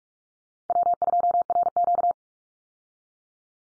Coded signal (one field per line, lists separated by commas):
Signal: Morse code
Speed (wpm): 44 wpm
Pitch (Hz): 700 Hz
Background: none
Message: W2RQ